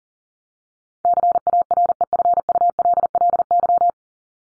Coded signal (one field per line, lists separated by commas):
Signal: Morse code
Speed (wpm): 40 wpm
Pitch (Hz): 700 Hz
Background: none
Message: CAREFULLY